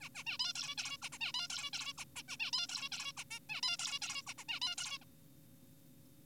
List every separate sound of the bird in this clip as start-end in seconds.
0.01-0.09, 0.15-0.23, 0.27-0.38, 0.40-0.53, 0.56-0.75, 0.78-0.97, 1.02-1.09, 1.12-1.18, 1.21-1.32, 1.34-1.48, 1.50-1.70, 1.73-1.93, 1.98-2.05, 2.16-2.23, 2.28-2.37, 2.40-2.51, 2.53-2.67, 2.69-2.89, 2.92-3.12, 3.17-3.24, 3.31-3.40, 3.50-3.61, 3.63-3.77, 3.79-3.99, 4.02-4.22, 4.27-4.33, 4.38-4.44, 4.49-4.60, 4.62-4.75, 4.78-4.98, 5.01-5.05